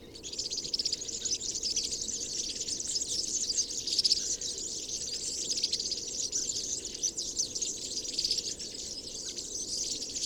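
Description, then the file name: European serin singing a continuous, very high, buzzy, glittering jingle of fast notes throughout, over a faint low rumble. Recorded on 22 January 2017 at Binsham. "Girlitz. Binsham. Susanne Rieck"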